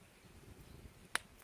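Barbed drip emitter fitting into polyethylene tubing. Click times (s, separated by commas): 1.2 s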